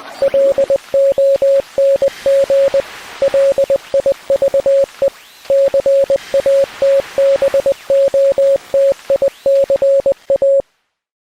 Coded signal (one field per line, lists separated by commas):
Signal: Morse code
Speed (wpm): 20 wpm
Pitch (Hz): 550 Hz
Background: music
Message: LONG LIVE CATBOTICA